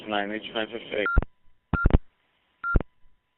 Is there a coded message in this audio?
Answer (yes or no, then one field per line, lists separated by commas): no